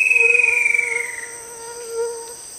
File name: yellow billed kingfisher